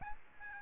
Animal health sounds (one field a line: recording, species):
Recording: mosquito wingbeat signal from an infrared sensor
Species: Aedes albopictus